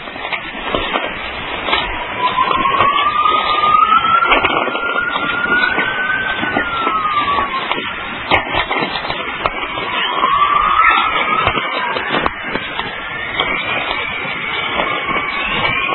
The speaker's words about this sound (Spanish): el sonido de la tormenta magnética genera una especie de chisporroteos muy divertidos y muy originales que son muy fácilmente identificables. Esto se grabó en Peace River, al noroeste del estado de Alberta, el 2 de junio de 1996.